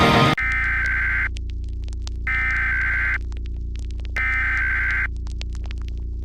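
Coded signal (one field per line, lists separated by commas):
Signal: Emergency Alert System (SAME) tones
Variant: header bursts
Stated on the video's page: Fictional EAS scenario, an original creation, not a real alert.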